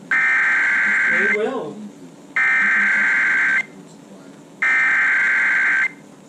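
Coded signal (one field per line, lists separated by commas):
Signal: Emergency Alert System (SAME) tones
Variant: header bursts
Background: speech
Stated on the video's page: Severe weather alert tones.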